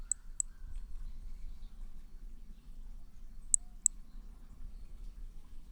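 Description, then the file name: Hermogenes's toadlet calls as very high, short, sharp chirps in two pairs, one pair at the start and another later, over a low steady rumble. Recorded at Picinguaba on 13 December 2017; individual 2. "MHNCI B hermogenesi Picinguaba ind 2 ex 2 tudo 05 cm 13 dez 2017 MRB"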